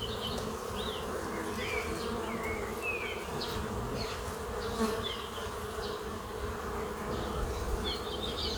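Bees buzzing in a steady, dense low hum, with scattered short bird chirps and twitters above throughout.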